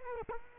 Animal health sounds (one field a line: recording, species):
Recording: mosquito wingbeat signal from an infrared sensor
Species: Culex quinquefasciatus